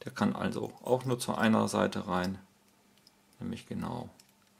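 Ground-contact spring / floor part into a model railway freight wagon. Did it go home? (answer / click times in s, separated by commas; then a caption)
no / none. Someone talks while handling a ground-contact spring, a floor part, being fitted into a model railway freight wagon. During a pause there are a couple of faint, short ticks at about 3.0 and 3.1 seconds before the talking resumes. The clip ends before the part goes home, so nothing has seated or clicked into place yet.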